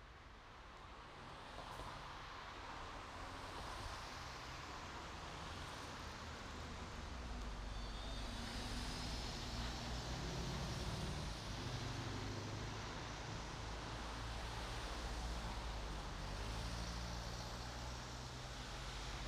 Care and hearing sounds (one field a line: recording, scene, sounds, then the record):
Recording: everyday scene through a hearing-aid microphone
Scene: in traffic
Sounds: traffic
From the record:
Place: main road on the outskirts, rush hour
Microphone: in the ear canal, right